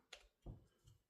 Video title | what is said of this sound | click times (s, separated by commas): Jura E8 (EC) 2023/24 brew group overhaul and maintenance | So, and then you hear a click. | 0.1 s